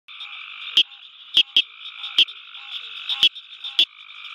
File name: Acris gryllus call